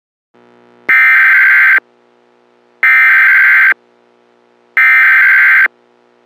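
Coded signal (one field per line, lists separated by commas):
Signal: Emergency Alert System (SAME) tones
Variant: header bursts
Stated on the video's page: Fictional simulated emergency alert scenario about a third world war.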